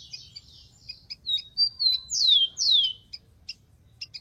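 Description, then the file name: Rufous-collared sparrow singing: a few short notes and whistles, then two bright, strongly descending whistles, followed by scattered chips. "canto do tico tico"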